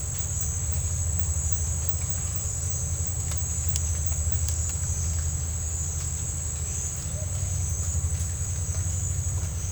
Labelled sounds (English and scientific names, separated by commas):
none